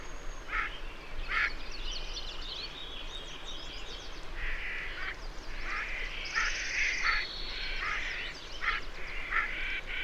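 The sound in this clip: Bird calls: a series of harsh, noisy notes repeated throughout over a constant low hum.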